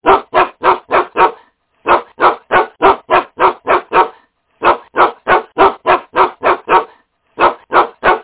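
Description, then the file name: Dog barking in rapid bursts of several sharp, loud barks, each burst separated by a brief silence, with no other sounds. "pes 2"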